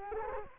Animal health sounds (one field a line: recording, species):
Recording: mosquito wingbeat signal from an infrared sensor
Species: Culex quinquefasciatus